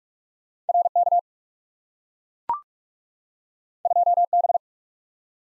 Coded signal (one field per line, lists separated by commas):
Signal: Morse code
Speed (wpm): 44 wpm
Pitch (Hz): 700 Hz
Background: none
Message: RK 2B